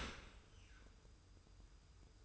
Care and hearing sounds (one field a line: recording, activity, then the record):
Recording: daily activity, microphone in the room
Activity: open dishwasher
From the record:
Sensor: 2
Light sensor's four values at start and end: 24/57/23/24 and 24/57/23/23